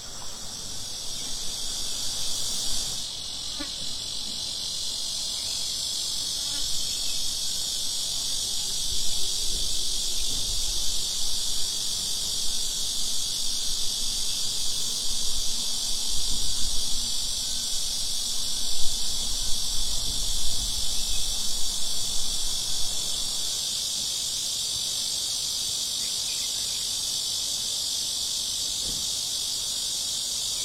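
Summer cicadas drone in a dense, unbroken shrill chorus that holds steady for the whole half minute, high and bright with a faint pulsing grain. Underneath, soft low rumbles and scattered faint knocks come and go, busiest in the middle before settling.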